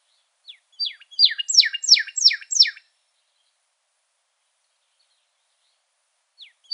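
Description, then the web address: Pyrrhuloxia calls: a quick run of several sharp downslurred chips, then a long silence before more notes begin at the end. Recorded in Arizona on 3 March 2008. "Sound Library Grosbeaks Buntings AZFO PYRR Deviche 080303"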